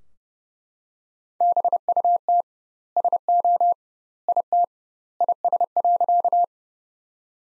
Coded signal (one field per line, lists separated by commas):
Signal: Morse code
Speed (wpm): 32 wpm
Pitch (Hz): 700 Hz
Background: none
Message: BUT SO IT IS.